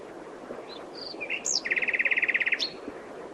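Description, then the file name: Common nightingale song: a few high thin whistles, then a fast, even rattle of many repeated notes lasting nearly a second, ending with a sharp upward note over steady background hiss. "Luscinia megarhynchos"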